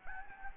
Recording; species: mosquito wingbeat signal from an infrared sensor; Anopheles gambiae